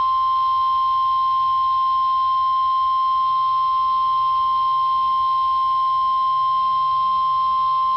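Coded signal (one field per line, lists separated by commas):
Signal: Emergency Alert System (SAME) tones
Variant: 1050 Hz attention tone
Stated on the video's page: NOAA Weather Radio weekly test from the Buck Mountain, NC transmitter on 162.500 MHz, received about 51 miles away on Midland WR-400 and RadioShack 12-254 weather radios.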